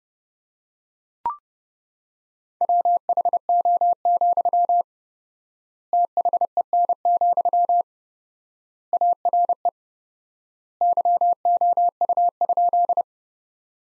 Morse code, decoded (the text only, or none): WHO, THEN, ARE YOU?